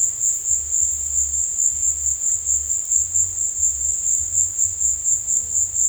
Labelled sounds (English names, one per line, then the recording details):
none
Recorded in dense forest near Puerto Asís, Putumayo, Colombia, on 22 December 2024 at 17:00
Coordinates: 0.484, -76.325
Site G056